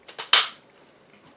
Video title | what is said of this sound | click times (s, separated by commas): 3D Printing light clips, for awesome back lighting on the cheap! | clips just snap on basically | 0.3 s